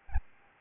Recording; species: mosquito wingbeat signal from an infrared sensor; Aedes albopictus